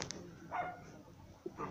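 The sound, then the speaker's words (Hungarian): A dog gives two short, fairly quiet barks about a second apart, with a couple of faint clicks just before the first and low background noise throughout. “Mi van kutyám? Szabad vagy?”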